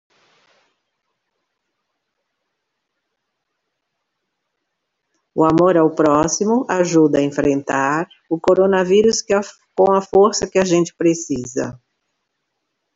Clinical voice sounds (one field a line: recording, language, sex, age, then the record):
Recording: spoken sentence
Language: Brazilian Portuguese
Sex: female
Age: 60 to 69 years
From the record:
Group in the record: control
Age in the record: 62 years